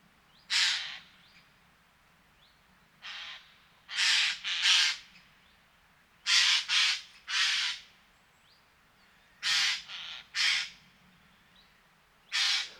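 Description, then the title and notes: Eurasian jay calls: loud, grating screeches delivered singly and in short runs, several bursts throughout with quiet pauses between. October 2019; northern European population arriving across the country for two months, due to poor oak fruiting in Scandinavia and likely good breeding; many birds; ambience of various calls. "sonothèque Fernand DEROUSSEN. Geai des chênes (Garrulus glandarius)"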